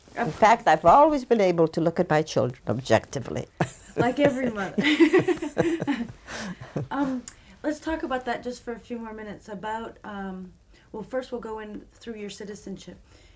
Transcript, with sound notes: In fact, I've always been able to look at my children objectively.
Like every mother. (They laugh.) Um, let's talk about that just for a few more minutes about, um, well, first we'll go in though your citizenship.